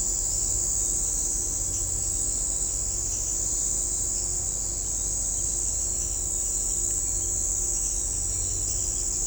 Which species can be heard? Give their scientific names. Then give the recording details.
none. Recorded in shrubland near Pivijay, Magdalena, Colombia, on 1 June 2023 at 04:00. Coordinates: 10.453, -74.365. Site P5-G022